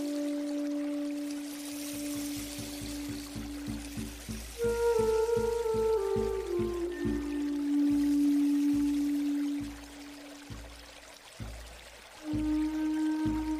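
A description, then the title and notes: A native American flute plays long held notes, rising to a higher phrase around five seconds, then sliding back down to a low sustained tone. A soft, regular pulse beats underneath, with running water hissing throughout. The music dips quieter briefly near eleven seconds. New age native american flute music and forest water sounds and new age zen music for sleeping and relaxing.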